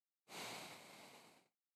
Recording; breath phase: one breath near a microphone; exhalation